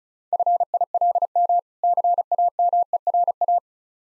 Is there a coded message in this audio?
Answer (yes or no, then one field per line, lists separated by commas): yes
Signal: Morse code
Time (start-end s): 0.3-3.6 s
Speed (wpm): 39 wpm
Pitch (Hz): 700 Hz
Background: none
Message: FILM CAMERA